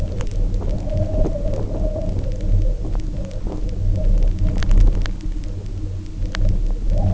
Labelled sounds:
none
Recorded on Arctic tundra, site UTQI-0, on 27 June 2018
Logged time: 16:00

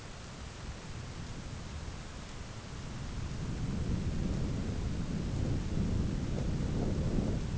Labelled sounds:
none
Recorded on Arctic tundra, site ZACK-1, on 11 June 2019
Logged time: 11:49

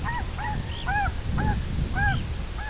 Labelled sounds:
unidentified sound, Red-throated Loon (Gavia stellata), Red Phalarope (Phalaropus fulicarius)
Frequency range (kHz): Red Phalarope (Phalaropus fulicarius) 2.4-3.8 kHz
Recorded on Arctic tundra, site IGLO-B, on 24 June 2018
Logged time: 17:59

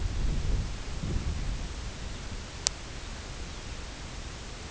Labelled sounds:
Lapland Longspur (Calcarius lapponicus)
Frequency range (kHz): Lapland Longspur (Calcarius lapponicus) 1.7-4.7 kHz
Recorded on Arctic tundra, site CORI-1, on 18 June 2018
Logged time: 22:00

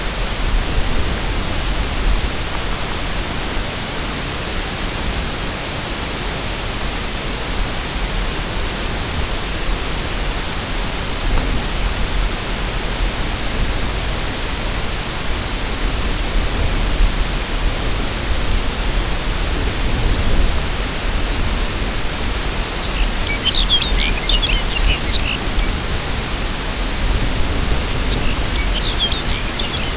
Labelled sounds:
Lapland Longspur (Calcarius lapponicus)
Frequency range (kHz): Lapland Longspur (Calcarius lapponicus) 1.9-7.3 kHz
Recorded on Arctic tundra, site UTQI-0, on 13 June 2019
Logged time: 00:00

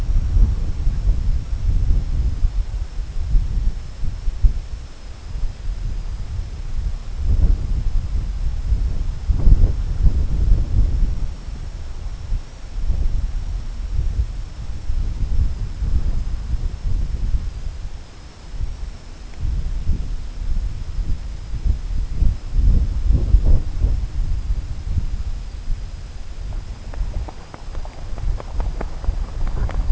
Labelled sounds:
none
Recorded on Arctic tundra, site CORI-1, on 21 June 2018
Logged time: 00:00

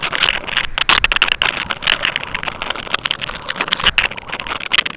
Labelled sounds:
none
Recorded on Arctic tundra, site UTQI-5, on 12 June 2019
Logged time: 00:00

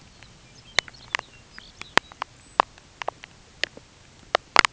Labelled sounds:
Lapland Longspur (Calcarius lapponicus)
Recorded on Arctic tundra, site UTQI-5, on 13 June 2019
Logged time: 16:00

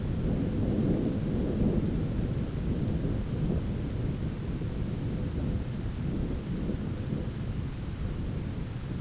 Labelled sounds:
none
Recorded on Arctic tundra, site ZACK-1, on 9 June 2019
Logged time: 17:49

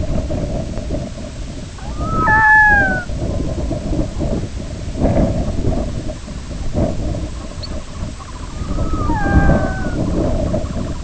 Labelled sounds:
unidentified sound, Sanderling (Calidris alba), Red Phalarope (Phalaropus fulicarius)
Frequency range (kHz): Sanderling (Calidris alba) 0.2-2.0 kHz; Red Phalarope (Phalaropus fulicarius) 3.5-4.9 kHz
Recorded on Arctic tundra, site IGLO-B, on 21 June 2018
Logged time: 09:59

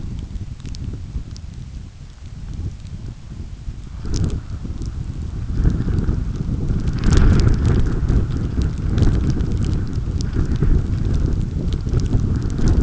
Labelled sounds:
none
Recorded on Arctic tundra, site UTQI-5, on 29 June 2018
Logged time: 02:00

